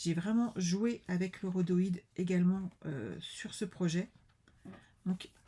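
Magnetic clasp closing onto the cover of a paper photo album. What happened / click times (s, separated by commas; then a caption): Handled, not yet closed: no clasp click yet / none. Someone talks while handling a handmade paper photo album, about to close its magnetic clasp onto the cover. Faint handling noises follow the speech near the end. The clip ends before the clasp clicks shut, so nothing has seated yet.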